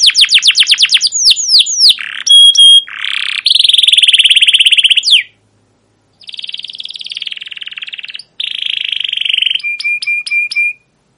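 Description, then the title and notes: Canary song with quick descending chirps, long buzzy rattling trills separated by brief pauses, and a few sharp repeated notes at the close. Long chattering 'cuit cuit ngerol' canary song used as a lure or master recording to train young canaries to sing. "CUIT CUIT NGEROL LANGSUNG GACOR PANJANG Kenari Ini AMPUH Utk Pancingan KENAR. PANCINGAN Kenari GACOR PANJANG Cuit CUIT EMOSI ini AMPUH utk MASTERAN Kenari PAUD belajar BUNYI. burung kenari"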